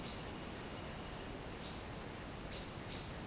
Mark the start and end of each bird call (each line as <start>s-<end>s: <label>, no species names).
1.61s-3.12s: bird call